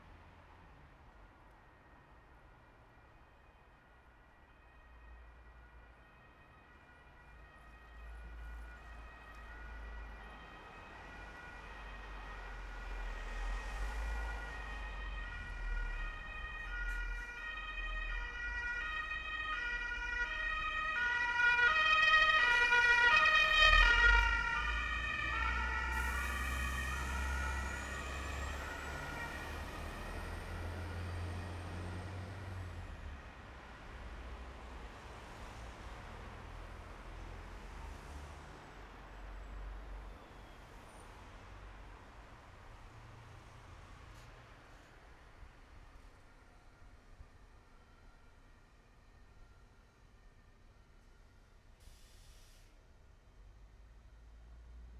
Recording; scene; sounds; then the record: everyday scene through a hearing-aid microphone; in traffic; traffic, siren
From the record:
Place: bus stop on a city main road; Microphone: behind the ear, right, front